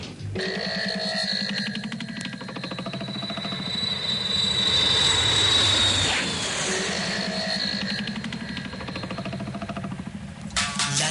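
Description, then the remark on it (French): An airplane engine drones steadily in flight, a dense rumbling hum with a thin high whine that swells in the middle and fades, with no voices over it. “il est dans l'avion de devant, en train de regarder par son hublot si on le suit pas”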